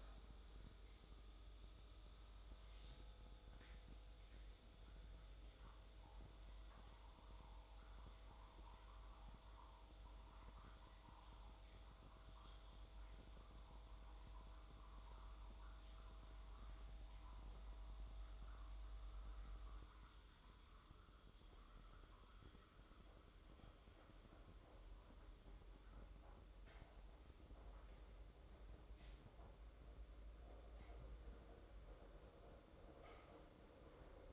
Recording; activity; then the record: daily activity, microphone in the room; make coffee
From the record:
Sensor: 3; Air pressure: 995.1 hPa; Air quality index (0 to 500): 72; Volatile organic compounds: 4 ppm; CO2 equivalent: 1650 ppm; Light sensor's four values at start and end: 17/52/22/19 and 16/49/21/17